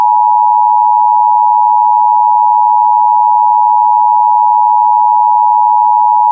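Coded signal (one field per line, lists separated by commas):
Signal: Emergency Alert System (SAME) tones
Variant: 853 and 960 Hz attention tone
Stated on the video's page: Fictional EAS scenario set in 1995 using the old Emergency Broadcast System; simulated meteorite alert.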